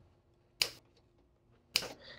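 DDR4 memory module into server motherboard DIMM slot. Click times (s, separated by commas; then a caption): 0.6 s, 1.8 s. A DDR4 DIMM is pressed into slot A1 of a Dell PowerEdge R330 server motherboard. Its two retention tabs snap closed with two sharp clicks at 0.6 s and 1.8 s, showing that the module is fully seated.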